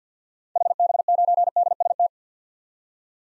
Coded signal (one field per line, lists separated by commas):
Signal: Morse code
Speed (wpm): 50 wpm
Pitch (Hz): 700 Hz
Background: none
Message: HB9DST